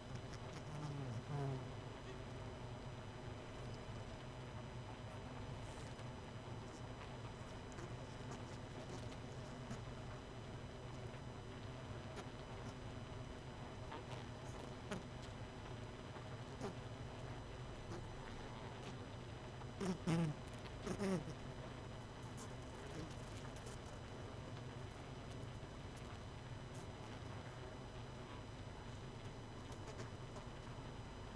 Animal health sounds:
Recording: honeybee colony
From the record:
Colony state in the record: missing queen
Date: 31 May 2018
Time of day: 23:21

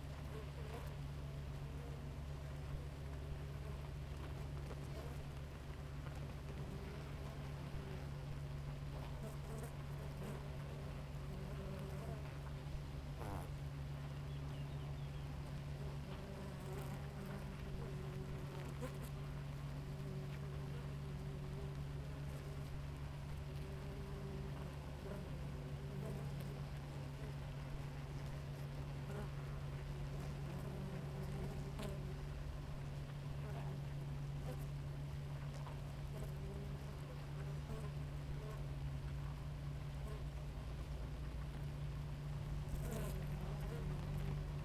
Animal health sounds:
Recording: honeybee colony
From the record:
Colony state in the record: active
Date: 28 July 2017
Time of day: 5:31

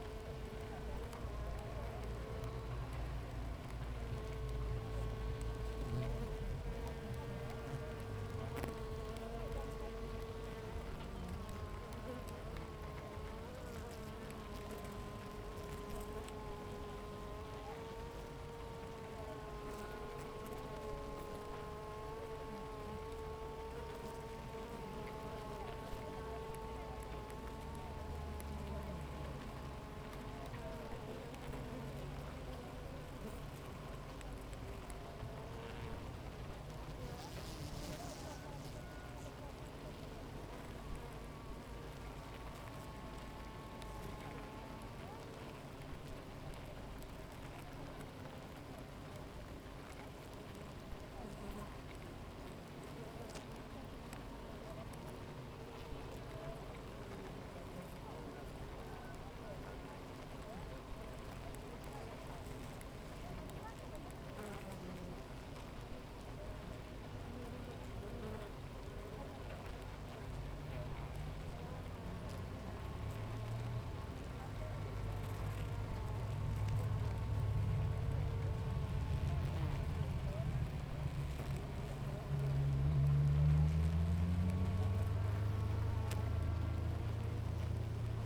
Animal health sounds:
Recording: honeybee colony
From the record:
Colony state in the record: active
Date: 28 July 2017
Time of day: 7:50

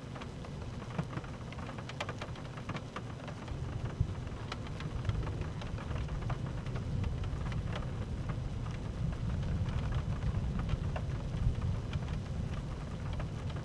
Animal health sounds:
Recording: honeybee colony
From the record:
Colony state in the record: active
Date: 12 June 2018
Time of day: 13:07

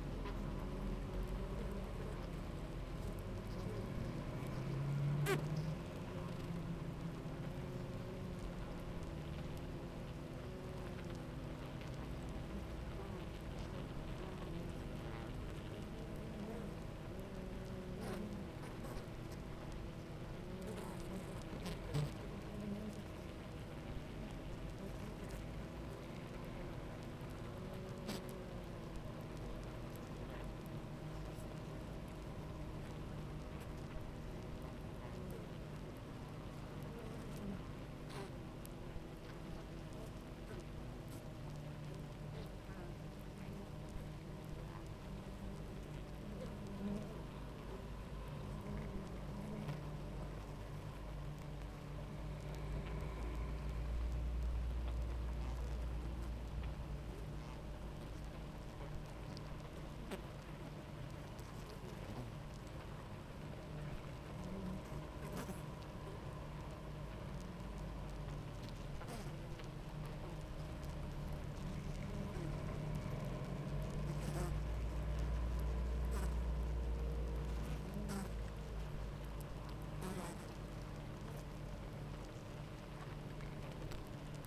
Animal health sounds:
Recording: honeybee colony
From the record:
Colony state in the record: active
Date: 28 July 2017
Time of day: 9:25

